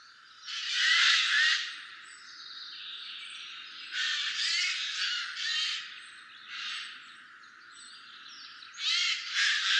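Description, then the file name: Eurasian jay giving harsh, rasping screeches: one loud drawn-out burst early on, then several shorter raspy calls in uneven succession over a faint steady hiss. "Garrulus glandarius"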